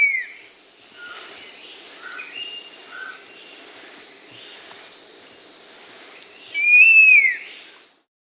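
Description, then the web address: Scaled fruiteater calling with a thin, arched whistle near the end, rising then dropping, while insects pulse in a high, regular rhythm and a few faint short lower notes sound. Andes of South America. "Natures Songs S America Andean Birds. Scaled Fruiteater (Ampelioides Tschudii)"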